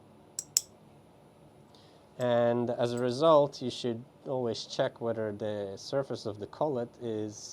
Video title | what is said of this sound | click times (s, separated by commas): Introduction to CNC Milling with Recontech 1312 | so first you put it in but you need to apply a little bit of force until you hear a click | 0.6 s